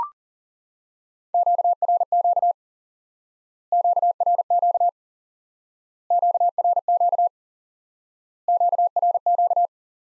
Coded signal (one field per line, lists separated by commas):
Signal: Morse code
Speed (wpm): 37 wpm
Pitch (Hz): 700 Hz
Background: none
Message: QRQ QRQ QRQ QRQ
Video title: Course 3 - Lesson 50 - QRQ - Introduce New Element